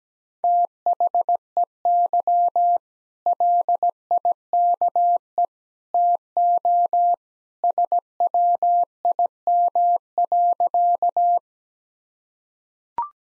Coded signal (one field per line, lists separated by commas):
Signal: Morse code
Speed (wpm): 17 wpm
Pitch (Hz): 700 Hz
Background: none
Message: THEY LIKE TO SWIM.